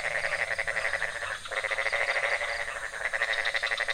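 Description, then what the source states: Frog chorus of quick pulsing trills with steady tonal notes, broken by one brief pause near the middle. Several frog species calling at night in a pond near a hotel in Ubud, Bali, Indonesia; recorded with Sony PCM D50, Rode NT4 and boompole.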